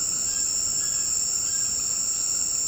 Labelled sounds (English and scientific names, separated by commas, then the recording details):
none
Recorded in dense forest near Puerto Asís, Putumayo, Colombia, on 18 February 2024 at 18:00
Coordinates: 0.486, -76.316
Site G6437